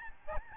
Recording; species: mosquito wingbeat signal from an infrared sensor; Aedes albopictus